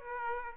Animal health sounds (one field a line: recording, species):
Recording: mosquito wingbeat signal from an infrared sensor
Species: Aedes aegypti